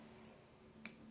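A plastic bobbin on the bobbin winder shaft of a Brother LX3817 sewing machine is pushed against the stop so it can wind before sewing. A single short, sharp click sounds at 0.9 s over a quiet, steady background. The bobbin winder shaft seats in its winding position.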